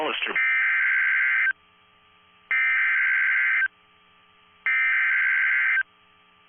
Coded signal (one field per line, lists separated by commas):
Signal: Emergency Alert System (SAME) tones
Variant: header bursts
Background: speech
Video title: NOAA Weather Radio - Severe Thunderstorm Warning [EAS #86] (3/7/22)